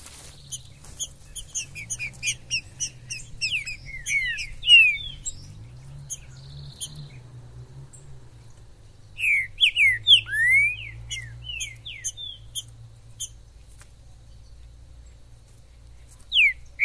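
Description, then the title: Green-winged saltator: busy chirping and twittering over a low hum, with bursts of slurred downward whistles in the middle and at the end. Wild bird singing in the forest, calling, singing and displaying as a male in a contest, used to stimulate a pet saltator; called Major. "ESQUENTAR Seu TRINCA Piando, Cantando E Macheando Na DISPUTA. TRINCA FERRO no MATO. Trinca ferro MAJOR no MATO"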